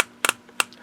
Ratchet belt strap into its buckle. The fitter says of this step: see all that that's an adjustment every time you hear click that's a micro adjustment